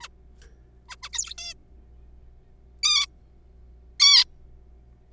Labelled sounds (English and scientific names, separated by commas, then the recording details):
Zebra Finch (Taeniopygia guttata)
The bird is a juvenile
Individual R3428